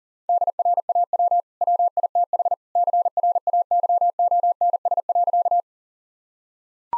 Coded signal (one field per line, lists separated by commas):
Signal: Morse code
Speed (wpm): 40 wpm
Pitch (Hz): 700 Hz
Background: none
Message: DRAW WITH CRAYONS.